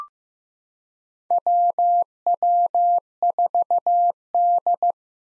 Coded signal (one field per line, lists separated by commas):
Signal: Morse code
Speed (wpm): 15 wpm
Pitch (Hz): 700 Hz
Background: none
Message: WW4D